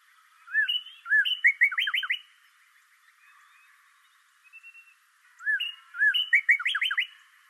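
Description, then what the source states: Bird song in two similar phrases about five seconds apart, each opening with two slurred notes and ending in a quick run of bright descending chirps. Recorded on 26 March 2012.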